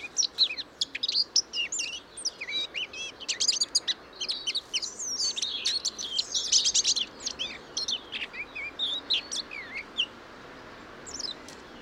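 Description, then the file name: Eurasian blackcap giving a hurried, jumbled warble of high twittering notes that thins out and fades over the last few seconds. "Sylvia atricapilla"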